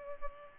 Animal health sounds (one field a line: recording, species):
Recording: mosquito wingbeat signal from an infrared sensor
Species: Culex pipiens